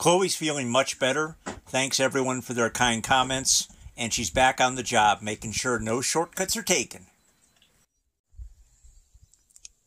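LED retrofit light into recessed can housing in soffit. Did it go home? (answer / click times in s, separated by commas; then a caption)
yes / 9.7 s. Someone talks for about the first seven seconds, followed by a quiet pause and then faint handling sounds as an LED retrofit light is pushed up into a recessed can housing in the soffit. A few light ticks lead to a sharp click at 9.7 s as its spring clips snap it in place. Because the can sits higher than the soffit material, the light is seated and sits up there nicely.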